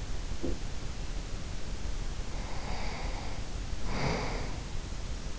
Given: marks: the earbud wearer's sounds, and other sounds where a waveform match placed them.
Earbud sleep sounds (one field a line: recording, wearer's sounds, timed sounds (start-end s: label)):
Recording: sounds in sleep by an in-ear microphone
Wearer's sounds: breath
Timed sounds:
0.00-1.02 s: sound from someone else or the room
2.25-5.05 s: breath